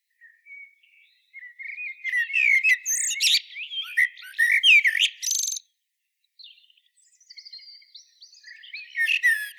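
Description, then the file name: Eurasian blackbird singing mellow warbled notes that break into loud, scratchy high twitters midway, then quieter warbles after a short pause and a final twittering burst. "Turdus merula"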